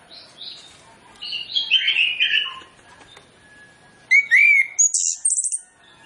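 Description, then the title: Orange-headed Thrush song: a rich warbled phrase, a pause, then bright clear whistled notes and high thin trills. Lure recording played to prompt birds of the species to sing in full. "Masteran Anis Kembang Full Isian Untuk Suara Pancingan Anis Kembang Agar Cepat Ngeplong"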